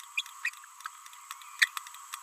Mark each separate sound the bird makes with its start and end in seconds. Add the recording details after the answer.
0.17-0.22, 0.45-0.50. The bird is a male. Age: 30 days. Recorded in a nest box in Venezuela. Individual 17B31A1